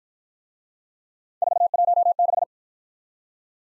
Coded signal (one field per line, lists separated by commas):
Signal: Morse code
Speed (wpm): 52 wpm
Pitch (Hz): 700 Hz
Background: none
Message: 416